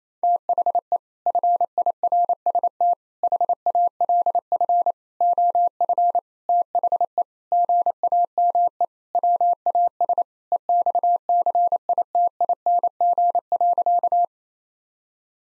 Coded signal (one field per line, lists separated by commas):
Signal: Morse code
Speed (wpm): 27 wpm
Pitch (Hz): 700 Hz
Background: none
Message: THE FIRST HALF OF THE GAME WAS EXCITING.